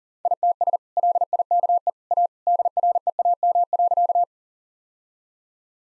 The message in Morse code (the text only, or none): ITS LIKE A DREAM.